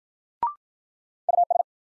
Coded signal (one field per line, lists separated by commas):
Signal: Morse code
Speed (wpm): 53 wpm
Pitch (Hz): 700 Hz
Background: none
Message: US